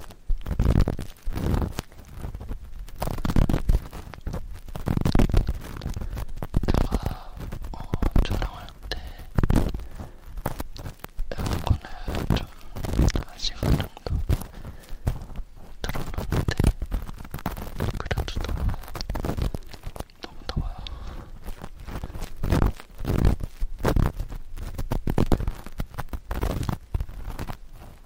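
Sticky ear pick and cotton swab ear cleaning with soft whispering. Dense, irregular scratching and crackling rubs come in quick bursts throughout, each with a low thump, while faint breathy whispers drift between them. The texture stays busy and uneven from start to finish.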